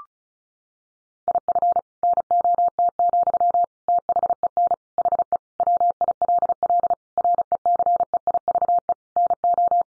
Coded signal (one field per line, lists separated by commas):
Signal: Morse code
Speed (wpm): 34 wpm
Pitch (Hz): 700 Hz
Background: none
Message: IF NOT, THEN HE WILL RECEIVE NO